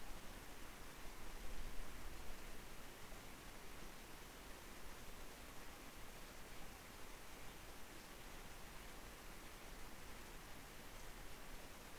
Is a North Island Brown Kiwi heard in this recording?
no